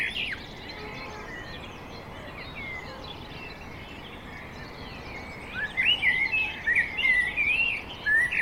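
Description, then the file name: Common blackbird song: rich fluted, rising and falling phrases in the second half, after a quiet start with faint chirps and hiss. "Turdus merula"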